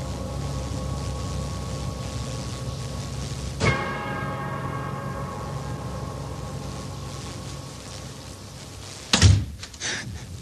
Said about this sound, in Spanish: Una puerta que se cerró me causó una gran agitación.